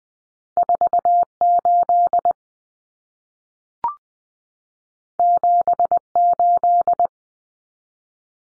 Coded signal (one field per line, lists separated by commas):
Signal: Morse code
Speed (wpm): 20 wpm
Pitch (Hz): 700 Hz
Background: none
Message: 48 78